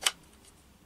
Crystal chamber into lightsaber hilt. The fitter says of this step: it's it's so cool the way that it locks in place is just awesome